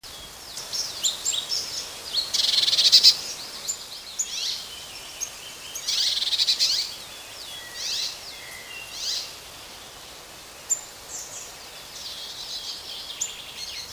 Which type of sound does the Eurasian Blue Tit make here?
call